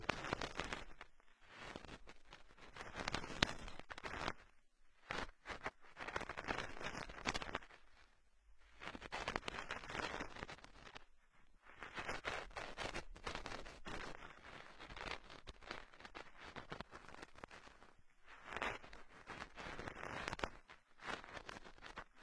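A cotton swab cleaning an ear makes bursts of rough, scratchy rubbing that come and go irregularly, broken by short silent pauses.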